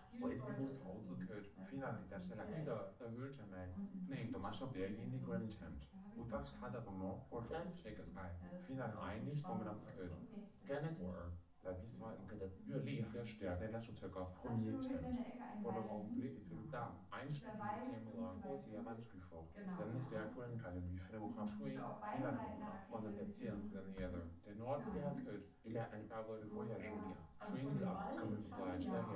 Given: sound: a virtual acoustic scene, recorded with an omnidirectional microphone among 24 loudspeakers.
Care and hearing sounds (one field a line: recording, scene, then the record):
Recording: noise of the scene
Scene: living room, asymmetric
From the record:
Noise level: 67 dB SPL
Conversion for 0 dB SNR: 5.4 dB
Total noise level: 72.4 dB SPL